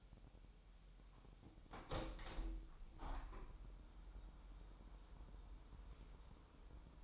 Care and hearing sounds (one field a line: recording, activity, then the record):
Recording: daily activity, microphone in the room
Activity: open window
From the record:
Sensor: 1